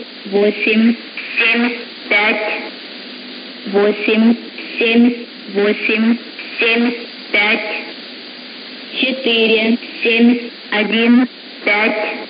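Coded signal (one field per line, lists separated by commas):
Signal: numbers station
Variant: S06s Russian Lady, Russian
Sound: a woman's voice reading short, evenly spaced words, about 13 in 12 seconds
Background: radio static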